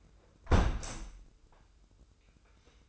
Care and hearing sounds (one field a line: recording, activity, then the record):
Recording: daily activity, microphone in the room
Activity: close window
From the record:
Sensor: 2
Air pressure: 995.6 hPa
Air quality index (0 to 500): 83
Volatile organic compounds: 3 ppm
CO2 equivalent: 1499 ppm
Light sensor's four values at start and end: 24/76/30/29 and 24/76/30/29